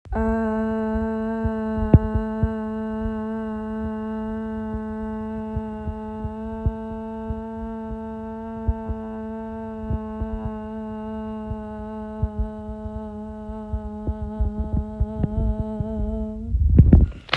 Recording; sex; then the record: sustained vowel /a/; female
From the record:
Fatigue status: fatigue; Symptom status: symptomatic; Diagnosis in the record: COVID-19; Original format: m4a